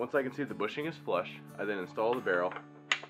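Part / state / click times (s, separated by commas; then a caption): rifle barrel into muzzleloader action/stock / seated / 2.9 s. Someone talks over background music while the steel barrel of a break-action muzzleloader rifle is fitted back onto the action and stock after the firing pin is inserted and the bushing is threaded flush. At 2.9 seconds a sharp snap is heard as the barrel seats in place.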